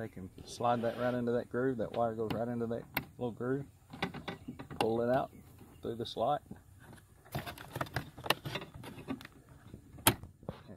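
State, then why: Seated. On a 2011 Buick Lucerne, the door release cable is routed into its groove and pulled through the slot while the door panel is reinstalled after a window regulator replacement, and someone talks over light handling clicks and rattles. The cable's plastic end fitting is then pushed into the interior door handle, where it snaps into place with a sharp click at 10.1 s, and it is seated.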